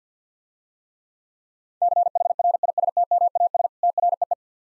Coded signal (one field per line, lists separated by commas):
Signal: Morse code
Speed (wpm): 51 wpm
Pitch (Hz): 700 Hz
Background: none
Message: CHRISTMAS TREE